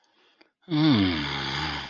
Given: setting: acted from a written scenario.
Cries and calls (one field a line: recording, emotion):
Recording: vocal sound without words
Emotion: ecstasy